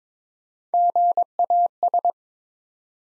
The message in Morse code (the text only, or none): GAS